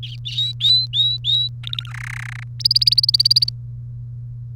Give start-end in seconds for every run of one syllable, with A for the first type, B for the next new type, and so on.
0.03-1.48 A, 1.63-1.90 B, 1.91-2.43 C, 2.60-3.49 D